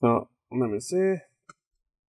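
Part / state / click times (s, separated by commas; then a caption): plastic snap clip between laptop bottom cover and top case / released / 1.5 s. Someone talks while twisting a guitar pick between the plastic top and bottom covers of a Gateway GWTN156 laptop to free a plastic retaining snap clip for a RAM upgrade. A short, sharp click is heard at 1.5 s as the clip pops loose and releases.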